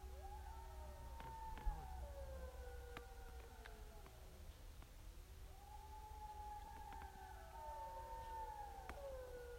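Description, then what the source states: Wolf chorus of drawn-out overlapping howls, each held and gently falling, with a second wave of howls starting midway over low background rumble. More than one wolf.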